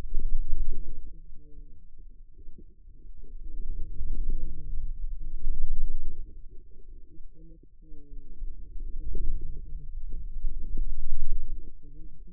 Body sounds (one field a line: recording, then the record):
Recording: forearm muscle sounds (acoustic myography)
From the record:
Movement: wrist extension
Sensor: system 2, bracelet of six BSWA MPA416 microphones around the upper forearm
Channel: 5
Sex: female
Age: 25 years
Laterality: right